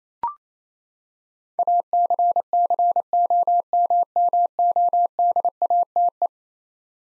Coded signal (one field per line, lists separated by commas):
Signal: Morse code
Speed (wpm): 27 wpm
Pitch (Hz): 700 Hz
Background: none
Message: ACCOMMODATE